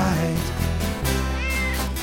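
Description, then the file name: Cat yowling: long, low, drawn-out moaning wails with a rough edge, shifting pitch slightly and running almost without a break. During a cat fight. "cat fight"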